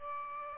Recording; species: mosquito wingbeat signal from an infrared sensor; Aedes aegypti